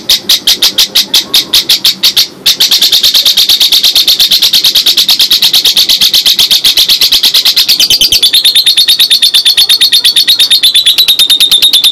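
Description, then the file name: Lovebird delivering a long, rapid trill of dense repeated notes, with one brief break early on and a shift in pitch later. Lovebird that was a national contest champion, named Si Gempol. "Suara Lovebird Juara Lomba Nasional Si Gempol Juara"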